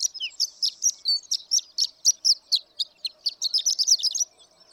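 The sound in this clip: Horned lark singing a dense run of high, tinkling notes. It opens with a short falling slur and then continues as rapid twittering chips until it fades out.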